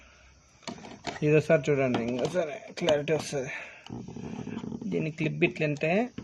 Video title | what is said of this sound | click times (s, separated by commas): solar module junction box replacement work in telugu module poly 325w,320w,335w. (4) | దాని మీద పెట్టి ఇడిచిపెట్టాలా, lock అవుతుంది. | 0.7 s